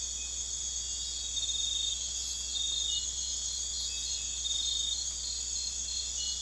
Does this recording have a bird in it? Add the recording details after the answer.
no. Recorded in dense forest near Puerto Asís, Putumayo, Colombia, on 21 December 2024 at 02:00. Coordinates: 0.486, -76.317. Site G003